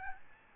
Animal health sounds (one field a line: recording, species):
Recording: mosquito wingbeat signal from an infrared sensor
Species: Aedes albopictus